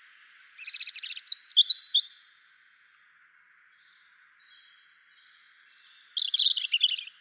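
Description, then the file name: European robin song: a thin whistle leading into rapid trilled notes, a long pause, then a high, warbling closing phrase. "Erithacus rubecula"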